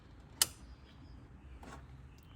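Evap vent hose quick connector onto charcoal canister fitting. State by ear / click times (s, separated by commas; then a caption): seated / 0.4 s. On a 2002 Ferrari 360 being repaired for slow fueling, the evap air vent hose quick-connect fitting is pushed down onto the charcoal canister nipple. It gives a sharp, bright click at 0.4 s, followed by a fainter, softer sound around 1.6 s over low background noise. The connector seats and the fitting is confirmed clicked on.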